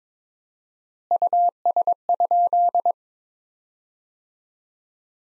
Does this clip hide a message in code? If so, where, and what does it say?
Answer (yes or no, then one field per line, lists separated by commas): yes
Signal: Morse code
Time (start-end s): 1.1-2.9 s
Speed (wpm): 22 wpm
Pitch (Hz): 700 Hz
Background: none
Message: US?